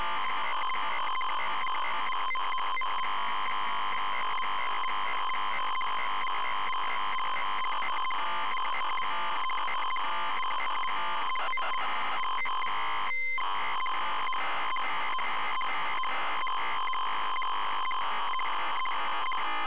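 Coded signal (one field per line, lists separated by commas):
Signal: ZX Spectrum tape loading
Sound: continuous harsh buzzing screech of data tones, with short regular breaks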